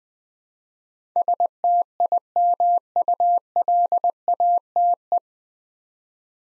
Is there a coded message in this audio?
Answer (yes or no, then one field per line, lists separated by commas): yes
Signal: Morse code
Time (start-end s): 1.2-5.2 s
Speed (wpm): 20 wpm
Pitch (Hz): 700 Hz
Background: none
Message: STIMULATE